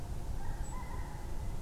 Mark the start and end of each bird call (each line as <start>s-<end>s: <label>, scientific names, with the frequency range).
0.63s-0.74s: Erithacus rubecula (7.1-8.1 kHz)